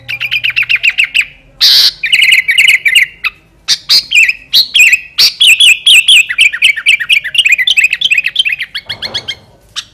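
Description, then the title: Sooty-headed bulbul song: a fast run of chirpy notes, then a long chattering stretch of quick notes, with a few sharp clicks between. "Kutilang"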